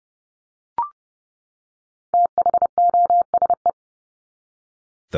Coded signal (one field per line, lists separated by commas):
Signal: Morse code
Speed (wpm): 30 wpm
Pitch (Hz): 700 Hz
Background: none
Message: THOSE